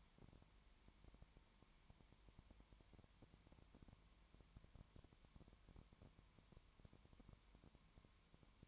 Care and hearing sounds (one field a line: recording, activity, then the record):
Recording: daily activity, microphone in the room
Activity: no activity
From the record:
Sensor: 3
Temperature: 20.1 degrees Celsius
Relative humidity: 31.2%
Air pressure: 1001.3 hPa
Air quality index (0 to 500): 74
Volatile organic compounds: 1 ppm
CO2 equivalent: 697 ppm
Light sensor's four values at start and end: 2/3/2/2 and 2/3/2/2